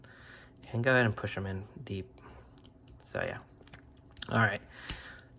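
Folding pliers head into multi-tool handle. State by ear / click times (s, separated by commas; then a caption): seated / 4.9 s. Someone talks while handling a metal Toler Tools UNION multi-tool, with a few faint taps and ticks in the background. The multi-tool's pliers are folded into the handle and lock in place with a single sharp click at 4.9 s.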